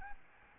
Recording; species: mosquito wingbeat signal from an infrared sensor; Aedes albopictus